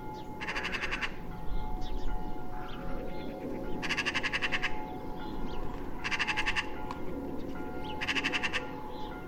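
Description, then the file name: Eurasian magpie rattling chatter repeated four times in nine seconds, each burst a fast run of harsh clicks, over a constant hum and low noise. "Pica pica"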